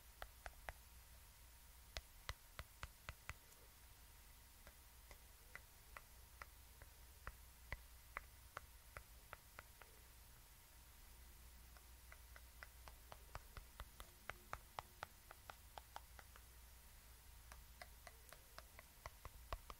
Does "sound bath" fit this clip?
no